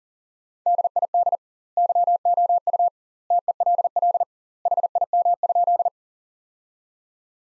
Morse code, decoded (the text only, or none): DID YOU TELL HIM?